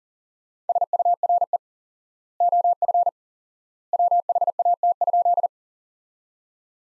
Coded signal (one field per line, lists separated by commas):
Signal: Morse code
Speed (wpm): 40 wpm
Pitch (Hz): 700 Hz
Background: none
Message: SURE OF WHAT?